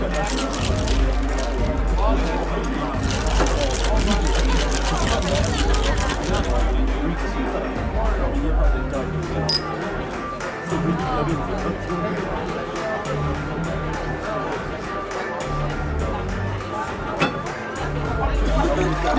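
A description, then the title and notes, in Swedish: Murmuring bar sounds: a dense, steady blend of overlapping voices with no single speaker standing out. A low hum runs underneath throughout, and sharp clinks and clatter crowd the first seven seconds, then keep popping up more sparsely until the end. Baren. En timme sorlande barljud.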